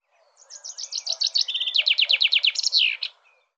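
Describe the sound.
Bird song: a high trill, a steady tone, then a cascade of falling notes and a closing flourish, over faint background noise.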